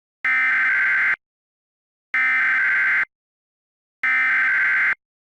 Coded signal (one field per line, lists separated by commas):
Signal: Emergency Alert System (SAME) tones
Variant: header bursts